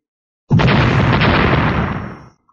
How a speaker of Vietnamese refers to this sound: Một trận thanh âm nổ đùng đùng kịch liệt không ngừng từ chỗ va chạm cuồn cuộn lan ra, lực lượng pháp tắc khác biệt va chạm vào nhau, nhất thời làm cho vùng hư không phát sinh ra vặn vẹo, ở giữa đổ sụp ra một cái dòng xoáy không gian đen như mực.